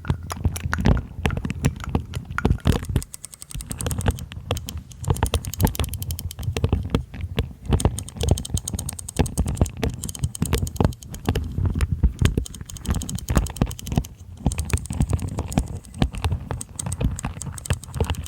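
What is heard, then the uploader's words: Hand movements make dense, rapid clicks and taps like typing, layered irregularly, with brief pauses around three and eleven seconds. ASMR 30 Mins of Relaxing Hand Movements & Layered Sounds - no talking.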